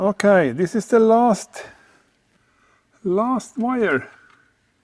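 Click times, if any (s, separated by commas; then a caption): none. Someone talks while handling the last wire's crimped terminal, getting ready to push it into a plastic relay holder connector for the wiring of a Lumen Helios Performance LED bar on a Vanagon T3. There are two bursts of speech with a quiet gap between them and no sharp hits. The terminal has not seated or clicked into the connector yet.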